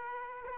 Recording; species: mosquito wingbeat signal from an infrared sensor; Aedes aegypti